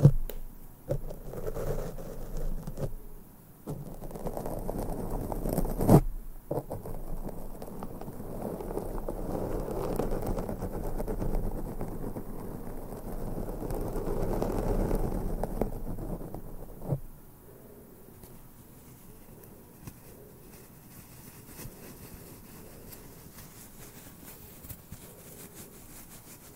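Microphone brushing with soft, dense rustling and scratching, strongest in the low and middle range. A sharp crackling sweep lands near six seconds, and the brushing swells through the middle before dropping at seventeen seconds to a quieter, sparser patter of faint strokes.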